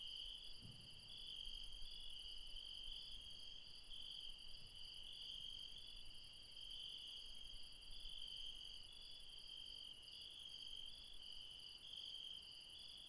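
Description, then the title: Insects trilling steadily in overlapping high bands, a constant shrill chorus with a brief soft low thud near the start. Late night, mountains, Refuge Krevatia, Barbala, Dion, Greece. "Refuge Krevatia, Μπαρμπαλά, Dion 601 00, Greece - Late night mountain insects"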